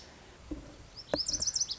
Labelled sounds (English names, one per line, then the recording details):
Lazuli Bunting
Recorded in Sonoma County, California